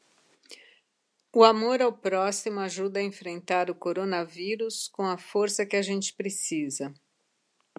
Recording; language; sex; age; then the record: spoken sentence; Brazilian Portuguese; female; 60 to 69 years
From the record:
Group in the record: control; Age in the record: 64 years